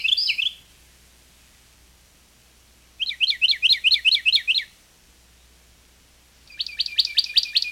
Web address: 101 Bird Songs. Carolina Wren